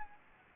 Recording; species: mosquito wingbeat signal from an infrared sensor; Anopheles gambiae